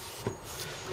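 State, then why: Not seated. The plastic lid of a large Sears top box (trunk) mounted on a 2005 KLR 650 motorcycle is being lowered toward its latch on the trunk body, with a helmet resting on its side inside. There is a soft bump near 0.3 s and a short, sharp handling knock at 0.9 s over quiet background noise. The lid has not yet seated or latched by the end of the clip.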